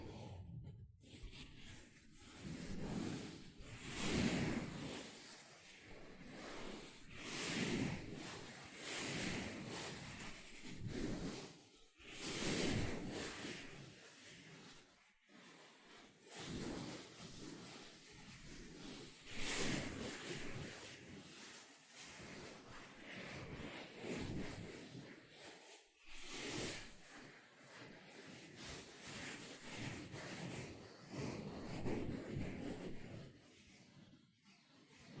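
A sponge is scratched, squished and brushed in repeated rough strokes, each a short burst of rasping noise with soft low thuds. The strokes come every couple of seconds, with louder surges near 4, 12, 20 and 26 seconds and brief silent gaps between some.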